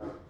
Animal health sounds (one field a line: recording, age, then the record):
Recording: pig call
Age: growing-finishing pig (85 days or more)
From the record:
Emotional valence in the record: positive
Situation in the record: run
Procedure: transit